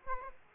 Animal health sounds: mosquito wingbeat signal from an infrared sensor; Aedes aegypti

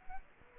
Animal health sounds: mosquito wingbeat signal from an infrared sensor; Culex quinquefasciatus

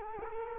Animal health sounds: mosquito wingbeat signal from an infrared sensor; Culex quinquefasciatus

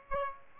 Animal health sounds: mosquito wingbeat signal from an infrared sensor; Aedes aegypti

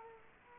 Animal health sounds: mosquito wingbeat signal from an infrared sensor; Aedes aegypti

